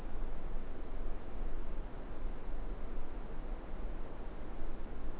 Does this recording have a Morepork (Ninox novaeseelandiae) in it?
no